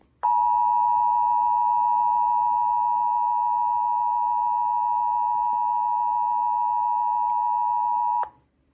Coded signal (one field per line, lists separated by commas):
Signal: Emergency Alert System (SAME) tones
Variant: 853 and 960 Hz attention tone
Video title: North Carolina Required Monthly Test (MISSED EAS???) (READ DESC)